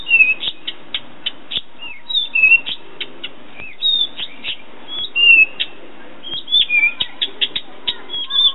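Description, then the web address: Thrush singing a busy run of clear whistles, upslurred and downslurred notes, and dry ticking clicks, with brief pauses between bursts of phrases. "Golosa ptic - Penie drozda. Ptica - Penie ptic - Drozd"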